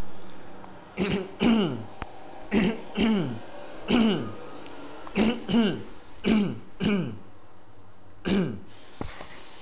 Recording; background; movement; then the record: throat clearing; traffic; sitting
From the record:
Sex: male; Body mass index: 20.6 kg/m2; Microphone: on the chest, facing outward